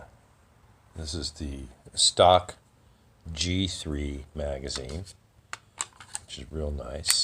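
Someone talks while handling the stock G3 toy magazine near the magwell of a brick-built toy gun. A few brief, sharp handling sounds come around 5.5 to 6.0 seconds. The magazine has not seated or clicked into place yet.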